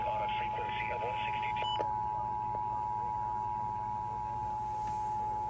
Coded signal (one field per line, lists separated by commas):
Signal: Emergency Alert System (SAME) tones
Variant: 853 and 960 Hz attention tone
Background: speech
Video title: Enhanced.. Bust? Enhanced Risk EAS Alerts from 6/30/24 (EAS #1,123-1,138)